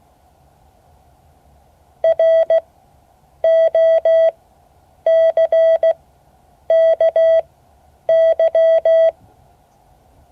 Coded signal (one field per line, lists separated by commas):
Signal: Morse code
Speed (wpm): 16 wpm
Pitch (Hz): 650 Hz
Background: none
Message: ROCKY